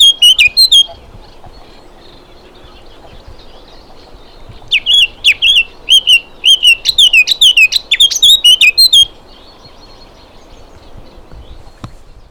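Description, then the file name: Eurasian blackcap singing a brief opening phrase, then, after a pause of a few seconds, a longer run of quick varied notes, followed by near silence. "Sylvia atricapilla"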